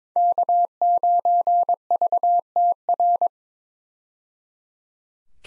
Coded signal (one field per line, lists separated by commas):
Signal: Morse code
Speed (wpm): 22 wpm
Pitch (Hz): 700 Hz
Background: none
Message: K9VTR